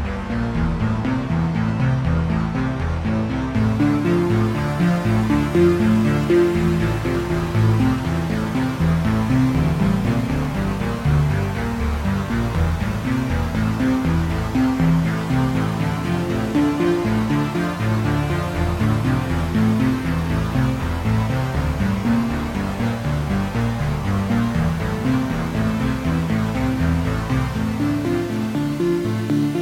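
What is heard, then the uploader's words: Futuristic sci-fi sound effects: a dense, steady pulse of low synthetic tones stepping rapidly in pitch, with a faint bright hiss above throughout. Out Of This World Futuristic- Sci - Fi Sound Effects - Intro SFX (2). Stereo 24bit 96kHz. Futuristic Sci-Fi Sound Effects.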